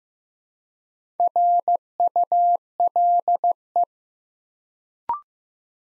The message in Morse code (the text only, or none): RULE